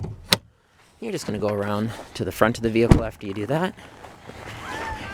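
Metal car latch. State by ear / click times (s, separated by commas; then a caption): released / 0.3 s. On a 2017 Chevrolet Malibu, the interior hood release lever by the driver's left leg is pulled, and the front hood latch lets go with a loud, sharp pop at 0.3 s. After a short silence, someone talks while faint vehicle background noise continues, and the hood latch is released.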